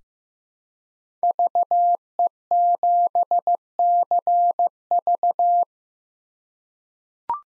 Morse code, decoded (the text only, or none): VE7CV